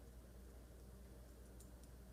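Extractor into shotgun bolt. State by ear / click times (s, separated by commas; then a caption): not seated / none. A forged steel extractor is picked up and worked into the hole in a Remington 870 shotgun bolt, ready to be rolled back later. Only faint handling sounds are heard over a low steady hum, with two brief soft ticks near 1.6 and 1.8 seconds. The extractor has not seated or clicked yet.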